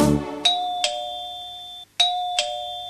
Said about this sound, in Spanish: ¿Qué es? El timbre alguien tocó. ¿Qué es? Mi amigo que llegó.